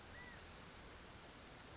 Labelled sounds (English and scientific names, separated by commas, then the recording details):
California Quail (Callipepla californica)
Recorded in Sonoma County, California